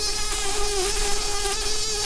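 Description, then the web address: Brown-banded carder bee buzzing, a steady droning hum with a slight wavering in pitch, held continuously throughout. Queens. "bumblebees Humilis-queens"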